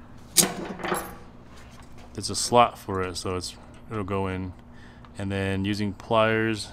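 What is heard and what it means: A new metal brake line retaining clip is placed up into its slot on the frame bracket of a lifted Tacoma getting extended brake lines, and lined up before being squeezed home with pliers. A couple of light metallic jangles are heard near the start while someone talks over a low steady hum. Nothing has seated or clicked yet.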